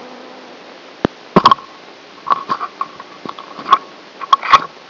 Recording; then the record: brain microelectrode recording played as sound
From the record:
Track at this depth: outside the subthalamic nucleus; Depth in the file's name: 5.503 mm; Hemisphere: right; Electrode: 3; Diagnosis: Parkinson's disease